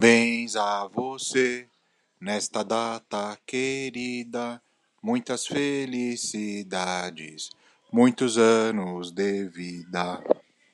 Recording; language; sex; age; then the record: short text; Brazilian Portuguese; male; 40 to 49 years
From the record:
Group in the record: control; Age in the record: 41 years